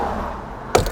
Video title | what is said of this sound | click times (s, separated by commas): เปลี่ยนพวงมาลัยซิ่ง ทำไมแตรไม่ดัง? วิธีแก้ปัญหาเด็ดๆ และทริคเวลาเปลี่ยน Dmax Gold Series | อืหลุดละเนี่ยไขดังแก๊กพอแก๊กพอมันหลุดล็อคก็เลยหลุดเลย | 0.7 s